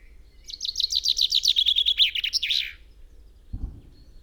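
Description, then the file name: Common chaffinch singing one rapid descending phrase finishing with a flourish, followed by a low knock. "Fringilla coelebs"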